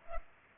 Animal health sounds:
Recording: mosquito wingbeat signal from an infrared sensor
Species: Culex pipiens

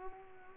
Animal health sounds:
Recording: mosquito wingbeat signal from an infrared sensor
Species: Culex pipiens

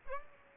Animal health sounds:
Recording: mosquito wingbeat signal from an infrared sensor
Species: Aedes aegypti

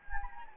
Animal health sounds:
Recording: mosquito wingbeat signal from an infrared sensor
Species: Anopheles gambiae

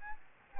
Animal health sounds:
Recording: mosquito wingbeat signal from an infrared sensor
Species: Aedes albopictus

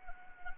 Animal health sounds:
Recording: mosquito wingbeat signal from an infrared sensor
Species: Anopheles arabiensis

